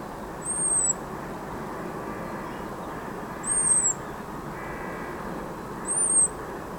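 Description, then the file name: European robin with three high, thin arched whistles, a steady low rumble underneath. "Erithacus rubecula"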